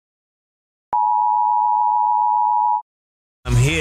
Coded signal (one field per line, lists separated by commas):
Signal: Emergency Alert System (SAME) tones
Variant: 853 and 960 Hz attention tone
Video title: Attack On London | EAS Scenario